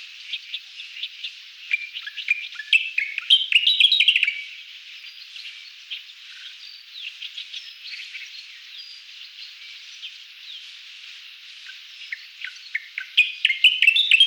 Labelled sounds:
Gray's Grasshopper Warbler (Locustella fasciolata) song

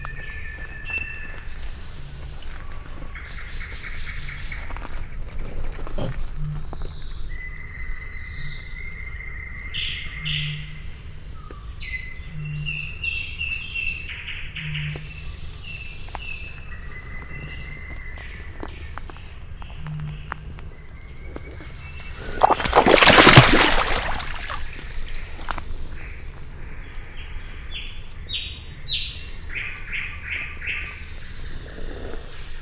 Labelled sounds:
Eurasian Beaver (Castor fiber) call

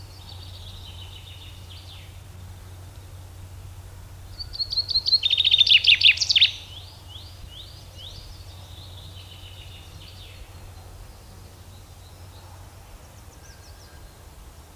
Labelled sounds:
Common Chaffinch (Fringilla coelebs) song

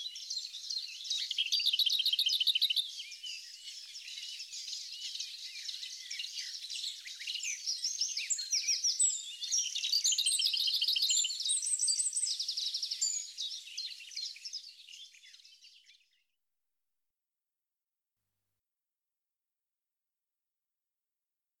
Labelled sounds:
Lesser Whitethroat (Sylvia curruca) song

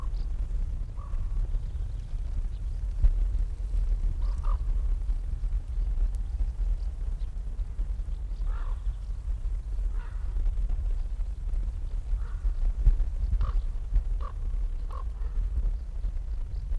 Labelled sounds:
Upland Field Grasshopper (Chorthippus apricarius) stridulation

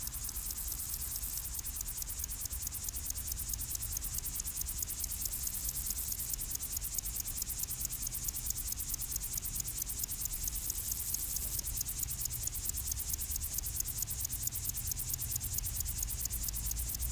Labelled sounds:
Upland Field Grasshopper (Chorthippus apricarius) stridulation

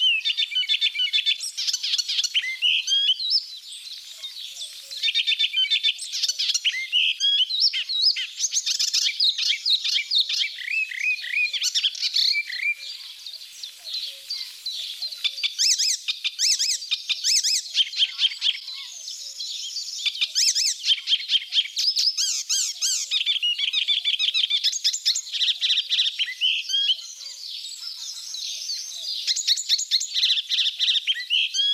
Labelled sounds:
Icterine Warbler (Hippolais icterina) song

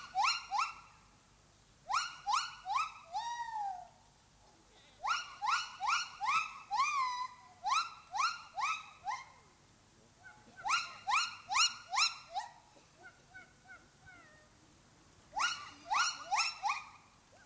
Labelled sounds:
Silvery Javan Gibbon (Hylobates moloch)

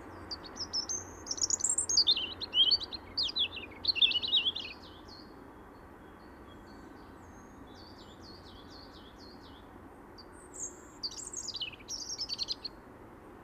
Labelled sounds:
European Robin (Erithacus rubecula) song

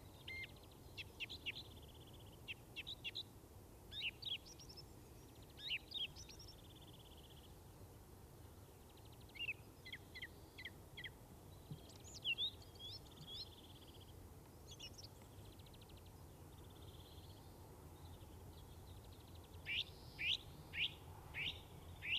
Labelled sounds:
Song Thrush (Turdus philomelos) song

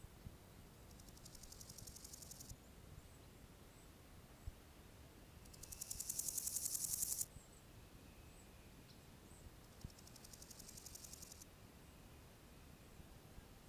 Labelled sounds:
Water-meadow Grasshopper (Chorthippus montanus) stridulation

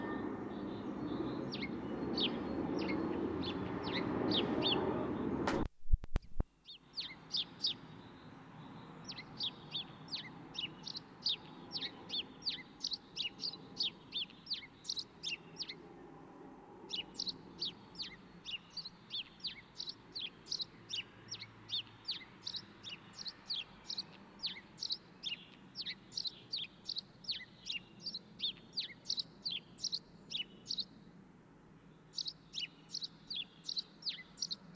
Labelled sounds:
House Sparrow (Passer domesticus) song

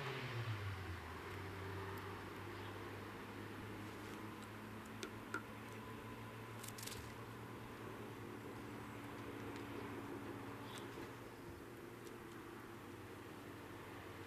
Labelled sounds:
House Sparrow (Passer domesticus) call

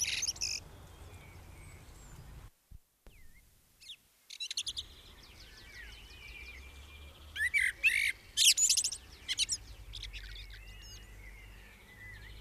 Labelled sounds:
Common Blackbird (Turdus merula) song

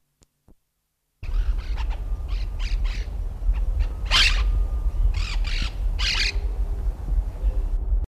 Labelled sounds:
Monk Parakeet (Myiopsitta monachus) call

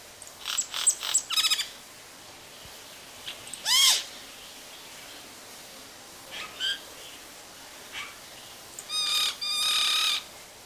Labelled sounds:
Yellow-rumped Cacique (Cacicus cela) call

